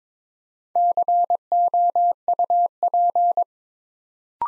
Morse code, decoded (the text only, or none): COUP